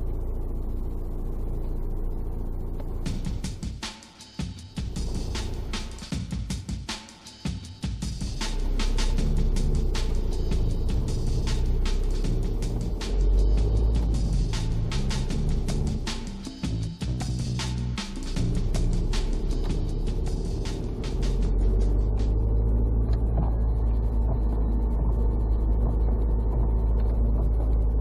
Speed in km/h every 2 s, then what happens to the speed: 1, 3, 3, 2, 1, 2, 6, 11, 12, 15, 19, 24, 25, 25.
0-6 steady at about 2. 6-9 standing. 9-22 pulls away to 24. 22-28 steady at about 25.